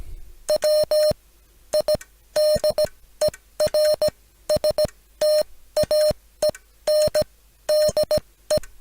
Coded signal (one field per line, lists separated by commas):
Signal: Morse code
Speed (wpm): 17 wpm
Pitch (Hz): 610 Hz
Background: none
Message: WIDERSTAENDE